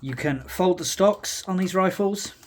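Someone talks while handling the side-folding stock of a WE G36 gas blowback airsoft rifle, about to fold it into its hinge lock on the receiver. Nothing has seated or clicked yet.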